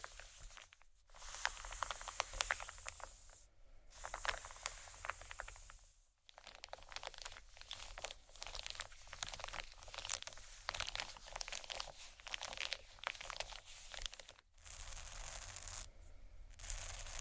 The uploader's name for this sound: tapping,soft crinkle,scratch,plastic,textures